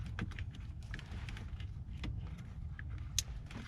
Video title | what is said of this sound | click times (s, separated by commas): 2010 Honda Odyssey O2 Sensor replacement P0134 | there we go there's a click this is supposed | 3.2 s